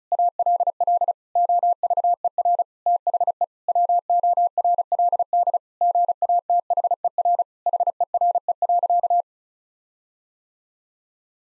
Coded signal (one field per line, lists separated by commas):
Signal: Morse code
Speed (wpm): 36 wpm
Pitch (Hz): 700 Hz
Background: none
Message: ALL OVER THE WORLD GATHER HERE.